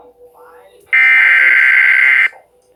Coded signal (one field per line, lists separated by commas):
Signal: Emergency Alert System (SAME) tones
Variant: header bursts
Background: speech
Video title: AND THERE YOU HAVE IT... Severe Thunderstorm Warning (3-7-22) (EAS #181-186)